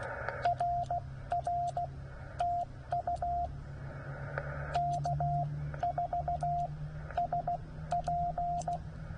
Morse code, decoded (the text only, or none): RR TU K4SP